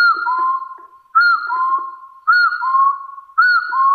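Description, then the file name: Hill partridge sounding a repeated two-note whistle. An arched opening note is followed by a lower, rising, drawn-out whistle, about once a second. "Tieng ga so nui"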